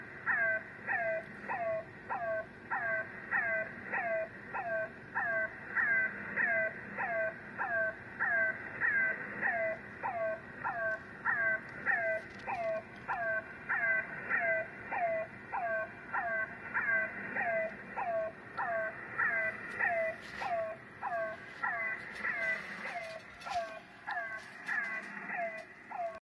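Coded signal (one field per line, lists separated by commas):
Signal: unidentified radio signal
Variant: The Air Horn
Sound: steady horn-like honks, about one and a half per second, each sliding down into a held chord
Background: radio static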